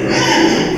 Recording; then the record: squeal of a Yucatan mini pig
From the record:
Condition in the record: before surgery on the right vocal fold (resection and tissue-engineered implant); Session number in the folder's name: 1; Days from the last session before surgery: -3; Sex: male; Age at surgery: 12 weeks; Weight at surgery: 13 kg